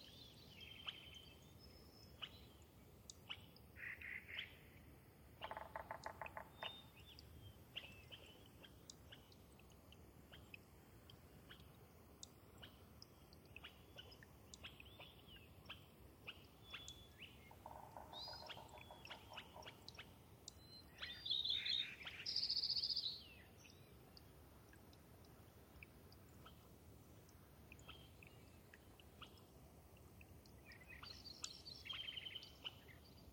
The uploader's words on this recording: Thirtymile Meadows is a wet, subalpine meadow high in the Okanogan National Forest. A natural shallow bowl, it collects meltwater from each winter and slowly drains away through innumerable soft tinkling streams. When I visited in the Summer of 2019 I was never certain where the next morning's dawn chorus would arrive from. Unfortunately, one of my microphones failed overnight, and I ended up with a lopsided recording.